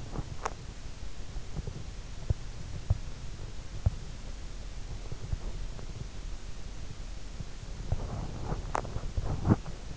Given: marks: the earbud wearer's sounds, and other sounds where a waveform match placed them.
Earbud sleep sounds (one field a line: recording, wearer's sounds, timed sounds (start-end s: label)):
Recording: sounds in sleep by an in-ear microphone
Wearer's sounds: teeth grinding, breath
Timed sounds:
0.00-0.80 s: teeth grinding
7.75-8.95 s: breath
8.51-9.80 s: teeth grinding